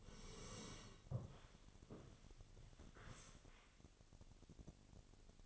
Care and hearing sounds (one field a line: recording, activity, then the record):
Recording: daily activity, microphone in the room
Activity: sit down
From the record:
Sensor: 4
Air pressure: 1001.2 hPa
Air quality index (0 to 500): 183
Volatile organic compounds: 2 ppm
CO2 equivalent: 1312 ppm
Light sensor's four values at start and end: 13/30/12/12 and 13/30/12/12